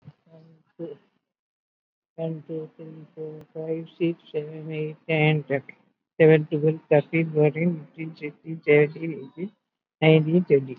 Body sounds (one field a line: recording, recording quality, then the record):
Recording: counting at a fast pace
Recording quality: excellent, no background noise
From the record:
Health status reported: COVID-19 positive, moderate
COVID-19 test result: positive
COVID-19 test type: RT-PCR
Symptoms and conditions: breathing difficulty, fatigue, muscle pain, hypertension, diabetes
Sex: female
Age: 86 years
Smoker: no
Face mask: worn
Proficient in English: no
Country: India